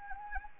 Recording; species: mosquito wingbeat signal from an infrared sensor; Anopheles arabiensis